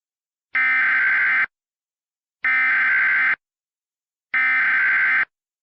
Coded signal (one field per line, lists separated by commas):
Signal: Emergency Alert System (SAME) tones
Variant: header bursts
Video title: EAS Scenario #4: Palo Verde